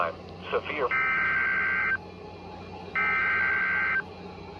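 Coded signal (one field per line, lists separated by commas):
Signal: Emergency Alert System (SAME) tones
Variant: header bursts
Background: speech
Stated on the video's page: Severe thunderstorm warning on NOAA Weather Radio, received on a Cobra CWR200 weather radio.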